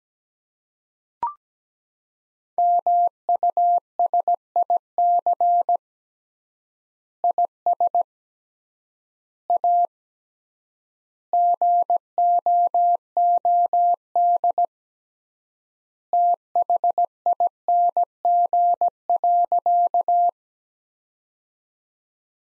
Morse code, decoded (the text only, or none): MUSIC IS A GOOD THING.